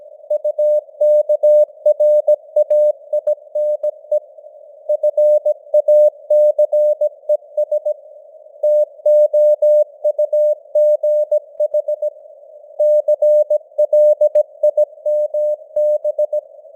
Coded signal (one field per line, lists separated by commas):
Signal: Morse code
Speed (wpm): 17 wpm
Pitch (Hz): 600 Hz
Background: none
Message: UKRAINE FACES TOUGH CLIMB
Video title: Morse Code News | 2025-10-07 | 17wpm